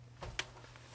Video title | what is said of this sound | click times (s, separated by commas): Echo 614 AEG | hold on push it up comes down locks into place it's not going anywhere | 0.4 s